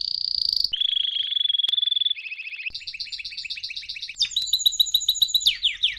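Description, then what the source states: Canary singing a steady trill that shifts into a smooth rolled phrase, then choppy repeated notes and sharp descending chirps in rapid sequence. Belgian canary, male singing a lot; used to warm up young birds.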